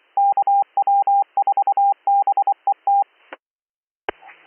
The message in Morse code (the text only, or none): KW4BET